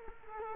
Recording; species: mosquito wingbeat signal from an infrared sensor; Culex quinquefasciatus